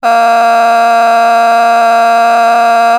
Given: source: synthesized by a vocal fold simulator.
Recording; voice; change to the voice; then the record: sustained vowel; female; a random mix of aspiration noise, stiffness perturbation and strain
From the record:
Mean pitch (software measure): 232 Hz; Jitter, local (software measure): 1.26%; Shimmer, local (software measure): 4.2%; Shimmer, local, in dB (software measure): 0.36 dB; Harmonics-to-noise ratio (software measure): 17.0 dB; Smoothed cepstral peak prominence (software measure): 16.4 dB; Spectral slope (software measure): -17.6 dB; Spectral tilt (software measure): -8.1 dB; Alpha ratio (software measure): -8.1 dB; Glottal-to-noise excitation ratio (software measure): 0.962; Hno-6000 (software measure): 1.8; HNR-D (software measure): 37.4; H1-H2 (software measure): -3.5 dB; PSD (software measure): 5.9e-05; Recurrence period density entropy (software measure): 0.116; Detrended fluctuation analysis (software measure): 0.0090